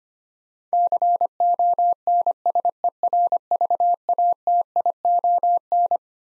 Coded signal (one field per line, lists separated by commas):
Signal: Morse code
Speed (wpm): 25 wpm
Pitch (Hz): 700 Hz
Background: none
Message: CONSERVATION